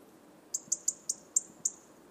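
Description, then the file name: European robin call: six short, very high, sharp tick notes at a steady quick pace, against quiet low rumbling background. "Erithacus rubecula"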